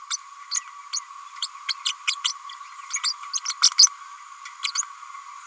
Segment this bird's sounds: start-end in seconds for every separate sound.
0.10-0.17, 0.51-0.60, 0.93-1.00, 1.68-1.74, 1.85-1.93, 2.24-2.33, 2.93-2.98, 3.03-3.13, 3.33-3.40, 3.45-3.54, 3.62-3.71, 3.78-3.88, 4.63-4.72, 4.75-4.82